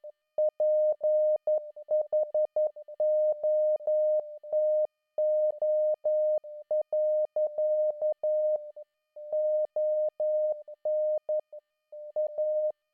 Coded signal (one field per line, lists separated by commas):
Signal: Morse code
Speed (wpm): 11 wpm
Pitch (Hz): 610 Hz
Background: music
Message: PHOTO. ON A